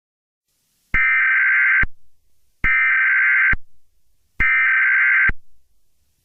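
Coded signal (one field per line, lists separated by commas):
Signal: Emergency Alert System (SAME) tones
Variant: header bursts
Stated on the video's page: Fictional, simulated EAS scenario with SAME tones, a remastered remake of an earlier fan-made scenario.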